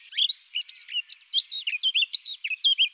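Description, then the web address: Eurasian blackcap song: a fast, varied warble of bright whistled and chattering notes, delivered without a break over a quiet background. "Sylvia atricapilla"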